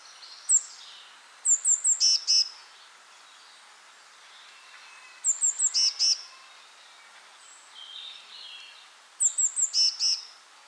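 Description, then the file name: Eurasian blue tit: repeated phrases of several sharp high notes then buzzy churrs, about every four seconds, with softer notes between them. "Cyanistes caeruleus"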